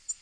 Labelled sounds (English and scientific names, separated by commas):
Black-throated Green Warbler (Setophaga virens) flight call